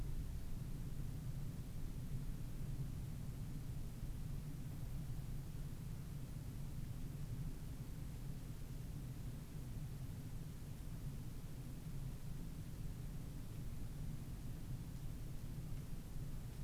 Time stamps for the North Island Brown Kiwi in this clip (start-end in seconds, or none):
none